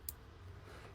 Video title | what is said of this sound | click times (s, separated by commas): How to Rekey a Kwikset SmartKey Deadbolt Without the Key - Locksmith Blueprint - Locks Made Simple | Get your reset tool, listen for the snap. | 0.1 s